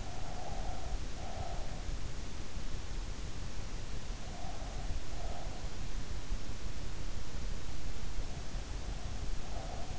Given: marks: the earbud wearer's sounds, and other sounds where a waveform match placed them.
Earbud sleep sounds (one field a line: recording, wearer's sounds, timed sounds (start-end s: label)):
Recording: sounds in sleep by an in-ear microphone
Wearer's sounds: breath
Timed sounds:
0.00-2.25 s: breath
4.00-5.70 s: breath
8.01-9.99 s: breath